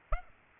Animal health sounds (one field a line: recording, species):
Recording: mosquito wingbeat signal from an infrared sensor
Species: Aedes aegypti